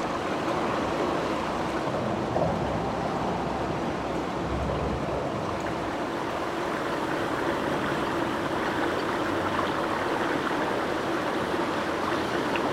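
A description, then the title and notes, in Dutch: Water pours through a sea sluice in a steady, dense roar that never pauses. A deep rumble runs underneath, with a faint constant hum in the low middle and a bright hiss on top, and the loudness hardly changes throughout. GELUID VAN DE ZEE: symfonie van de Haringvlietsluis. De haringvlietsluis is een enorme kering die ons beschermd tegen de Noordzee.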